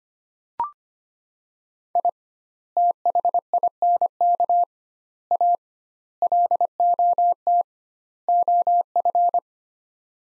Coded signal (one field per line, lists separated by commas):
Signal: Morse code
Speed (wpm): 25 wpm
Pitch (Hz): 700 Hz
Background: none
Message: I THINK A LOT OF